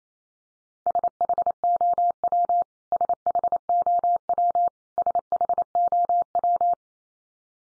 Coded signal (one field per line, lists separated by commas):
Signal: Morse code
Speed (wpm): 28 wpm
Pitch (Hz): 700 Hz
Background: none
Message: SHOW SHOW SHOW